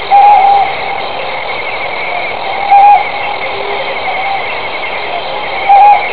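Ryukyu scops owl hoots: three short, mid-pitched single notes roughly every two and a half to three seconds over a steady background hum.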